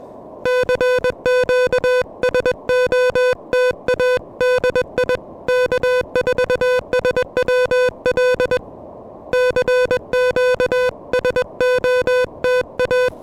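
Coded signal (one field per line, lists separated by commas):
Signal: Morse code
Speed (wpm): 21 wpm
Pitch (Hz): 500 Hz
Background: music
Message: CQ SOTA DI K4SWL CQ SOTA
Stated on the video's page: Handheld QRP DX activation on a mountain summit, sent with KH1 pressure paddles on an Elecraft KH1 transceiver with a modified Pelican Micro M40 antenna.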